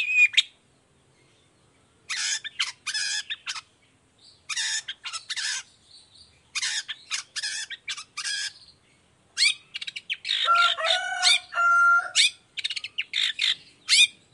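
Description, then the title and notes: Long-tailed shrike song: dense, raspy chatter delivered in clumped bursts with brief pauses, turning into a busier mix of harsh and tonal notes toward the end. Morning singing, actively and full-voiced, in a 'toet toet' variation with a clear voice and varied phrases, presented as easy for other long-tailed shrikes to copy. "Cendet Gacor Dor Di Kala Pagi Toet Toet Variasi Suara. Efektif Cendet Gacor Suara Jernih Full Variasi Sangat Mudah Di Tiru Cendet Jenis Apapun. Burung cendet"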